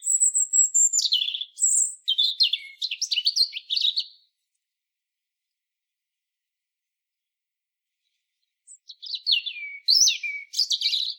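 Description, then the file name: European robin singing two rich, varied phrases of high whistles and rapid twittering trills, separated by a pause of about four seconds, in a quiet background. "Erithacus rubecula"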